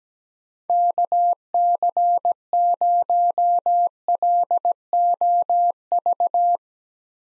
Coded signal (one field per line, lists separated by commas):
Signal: Morse code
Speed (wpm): 17 wpm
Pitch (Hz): 700 Hz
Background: none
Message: KC0LOV